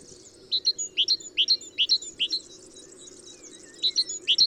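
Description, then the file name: Great tit, quick run of high two-part notes, a short gap, then a few more notes at the end. "Parus major"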